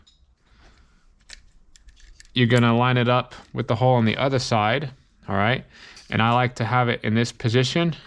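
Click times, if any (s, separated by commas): none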